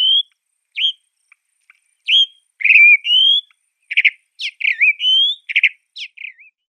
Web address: Schulze Peter Northern Anteater-Chat song